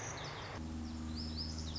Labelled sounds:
Lazuli Bunting (Passerina amoena)

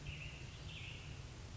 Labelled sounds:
American Robin (Turdus migratorius)

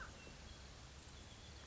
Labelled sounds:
American Crow (Corvus brachyrhynchos)

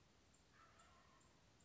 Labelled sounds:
Wild Turkey (Meleagris gallopavo)

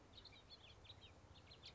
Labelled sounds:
House Finch (Haemorhous mexicanus)

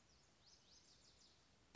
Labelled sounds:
Lazuli Bunting (Passerina amoena)

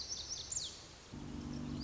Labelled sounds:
Lazuli Bunting (Passerina amoena)

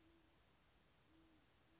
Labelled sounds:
Great Horned Owl (Bubo virginianus)

